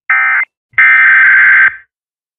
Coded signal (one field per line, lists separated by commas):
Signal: Emergency Alert System (SAME) tones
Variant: header bursts